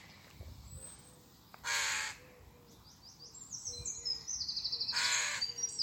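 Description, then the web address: Bird calls: two loud harsh caws, one early and one near the end, with high thin trilled notes in between over a low rumbling background. "Deverinetal 2025 File origin Bird Only"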